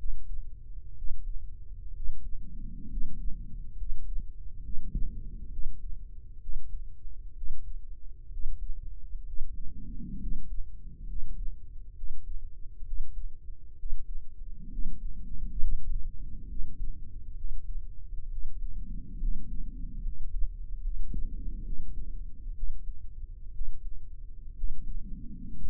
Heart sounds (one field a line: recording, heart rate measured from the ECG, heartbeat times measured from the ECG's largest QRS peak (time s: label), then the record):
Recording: heart sounds by microphone in the right ear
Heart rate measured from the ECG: 66 bpm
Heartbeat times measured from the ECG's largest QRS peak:
0.93 s: heartbeat
1.92 s: heartbeat
2.87 s: heartbeat
3.75 s: heartbeat
4.60 s: heartbeat
5.48 s: heartbeat
6.38 s: heartbeat
7.33 s: heartbeat
8.28 s: heartbeat
9.23 s: heartbeat
10.17 s: heartbeat
11.04 s: heartbeat
11.93 s: heartbeat
12.82 s: heartbeat
13.74 s: heartbeat
14.68 s: heartbeat
15.58 s: heartbeat
16.45 s: heartbeat
17.33 s: heartbeat
18.27 s: heartbeat
19.17 s: heartbeat
20.00 s: heartbeat
20.80 s: heartbeat
21.62 s: heartbeat
22.52 s: heartbeat
23.50 s: heartbeat
24.53 s: heartbeat
25.56 s: heartbeat
From the record:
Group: healthy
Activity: rest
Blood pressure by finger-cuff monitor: 110/66 mmHg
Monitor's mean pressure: 80 mmHg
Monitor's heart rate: 64 bpm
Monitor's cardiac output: 7.3 L/min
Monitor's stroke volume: 112 mL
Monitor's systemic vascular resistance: 780 dyn s/cm5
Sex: male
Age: 23 years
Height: 178 cm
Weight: 96.6 kg